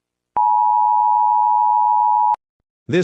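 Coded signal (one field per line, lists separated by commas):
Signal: Emergency Alert System (SAME) tones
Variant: 853 and 960 Hz attention tone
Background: speech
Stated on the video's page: Homemade fake EAS alert.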